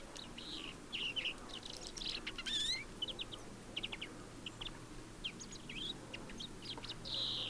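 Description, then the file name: European greenfinch twitters, clusters of quick chirps and short trills, with a bright slurred whistle and a brief buzzy burst, against a low steady hum. "Chloris chloris"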